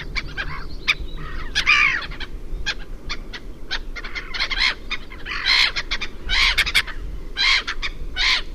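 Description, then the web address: Black-headed gull grating cries, clipped notes interspersed with longer screeching bursts, coming in irregular clusters over low background noise. "chant xeno-canto mouette rieuse"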